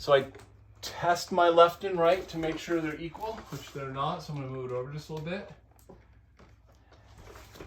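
Someone talks while checking that the left and right overhang of a Hunter Douglas Silhouette Halo with DuoLite window shade headrail are equal, then slides the headrail over a little in its mounting brackets. Faint, brief handling sounds follow around 5.8, 5.9 and 6.4 seconds. The headrail has not yet been pressed home, and nothing has seated or clicked.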